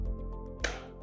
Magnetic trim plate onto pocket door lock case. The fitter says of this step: You'll see it just snap into place.